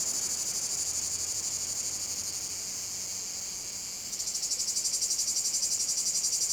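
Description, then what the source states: Cicada song, a shrill hissing buzz that softens and flattens midway, then returns louder with a clear throb of about four pulses per second. Cicada field at Domaine de la Sablière, Saint-Privat-de-Champclos, France; recorded with a Zoom H6 using an M/S microphone.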